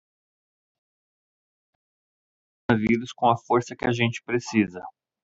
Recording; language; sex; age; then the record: spoken sentence; Brazilian Portuguese; male; 30 to 39 years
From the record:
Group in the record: control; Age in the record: 36 years